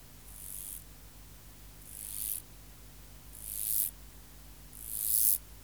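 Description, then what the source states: Mottled grasshopper song, four high rasping buzzes swelling and ending abruptly, starting faint and growing louder across the sequence. Subspecies hispanicus.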